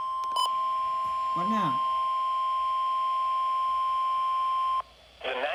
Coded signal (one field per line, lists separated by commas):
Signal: Emergency Alert System (SAME) tones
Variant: 1050 Hz attention tone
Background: speech